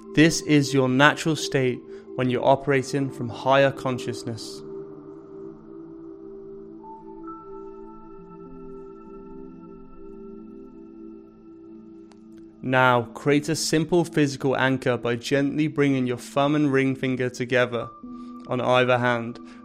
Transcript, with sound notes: This is your natural state when you're operating from higher consciousness. [Pause 10 seconds] Now, create a simple physical anchor by gently bringing your thumb and ring finger together on either hand.